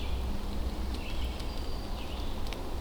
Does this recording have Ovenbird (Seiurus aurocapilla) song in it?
no